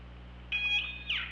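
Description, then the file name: Killer whale call with a steady tonal harmonic section, then a downward-sweeping buzzy burst, steady low hum in the background. Recorded on the OrcaLab hydrophone, 24 August 2017, at 21:28. "Orca Lab UTLN JASON 20170824 212838 h 2 LL ORCALABDYNI"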